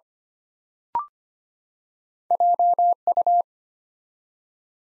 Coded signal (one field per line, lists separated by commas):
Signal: Morse code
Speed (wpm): 25 wpm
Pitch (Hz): 700 Hz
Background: none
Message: JU